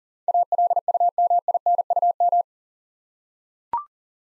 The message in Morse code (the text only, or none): ALUMINUM